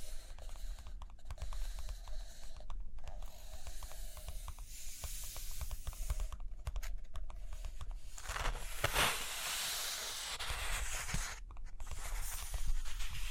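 Paper handling with dense, rapid scratching and tapping of a pen or pencil across a page, clicking in quick irregular bursts throughout. A brighter rustling swell around eight to nine seconds suggests a page being turned, with brief quiet gaps near two, six and eleven seconds.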